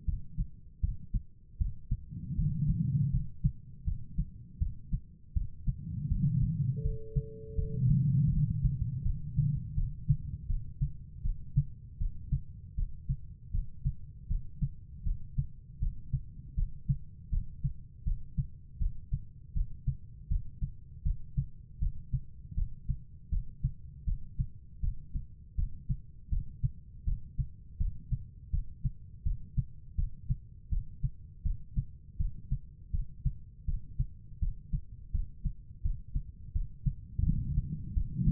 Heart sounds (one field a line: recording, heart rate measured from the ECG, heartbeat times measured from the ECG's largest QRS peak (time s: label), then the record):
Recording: heart sounds by stethoscope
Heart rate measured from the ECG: 81 bpm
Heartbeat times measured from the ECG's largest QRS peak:
0.06 s: heartbeat
0.81 s: heartbeat
1.58 s: heartbeat
2.36 s: heartbeat
3.11 s: heartbeat
3.85 s: heartbeat
4.59 s: heartbeat
5.34 s: heartbeat
6.09 s: heartbeat
6.83 s: heartbeat
7.56 s: heartbeat
8.30 s: heartbeat
9.03 s: heartbeat
9.75 s: heartbeat
10.47 s: heartbeat
11.22 s: heartbeat
11.98 s: heartbeat
12.76 s: heartbeat
13.52 s: heartbeat
14.28 s: heartbeat
15.04 s: heartbeat
15.79 s: heartbeat
16.55 s: heartbeat
17.30 s: heartbeat
18.04 s: heartbeat
18.79 s: heartbeat
19.54 s: heartbeat
20.29 s: heartbeat
21.03 s: heartbeat
21.80 s: heartbeat
22.55 s: heartbeat
23.30 s: heartbeat
24.05 s: heartbeat
24.81 s: heartbeat
25.56 s: heartbeat
26.30 s: heartbeat
27.05 s: heartbeat
27.78 s: heartbeat
28.51 s: heartbeat
29.24 s: heartbeat
29.96 s: heartbeat
30.70 s: heartbeat
31.43 s: heartbeat
32.18 s: heartbeat
32.92 s: heartbeat
33.66 s: heartbeat
34.40 s: heartbeat
35.12 s: heartbeat
35.83 s: heartbeat
36.53 s: heartbeat
37.24 s: heartbeat
37.94 s: heartbeat
From the record:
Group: healthy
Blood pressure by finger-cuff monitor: 116/79 mmHg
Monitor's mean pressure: 93 mmHg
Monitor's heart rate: 81 bpm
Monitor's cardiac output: 4.7 L/min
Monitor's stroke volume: 58 mL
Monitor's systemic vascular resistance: 1450 dyn s/cm5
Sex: female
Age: 51 years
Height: 162 cm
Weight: 70.04 kg